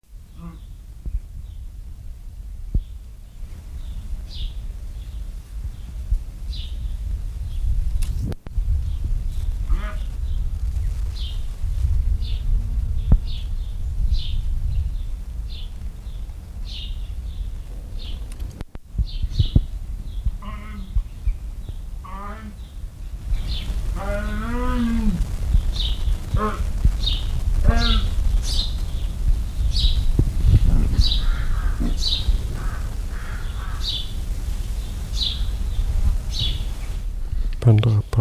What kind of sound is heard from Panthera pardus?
call